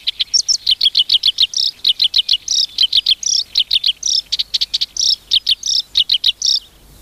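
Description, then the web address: Black-browed reed warbler song, quick repeated high chips and harsh notes delivered in a steady, rattling chatter. "sikioto. koyoshikiri"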